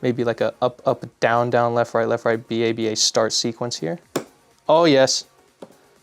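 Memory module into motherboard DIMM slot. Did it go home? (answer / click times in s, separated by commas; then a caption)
yes / 5.6 s. Someone talks while the first DDR4 memory stick is pushed into the motherboard DIMM slot. A faint, short click at 5.6 s marks the retention latches closing, and the stick is seated.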